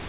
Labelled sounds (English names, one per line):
Virginia's Warbler flight call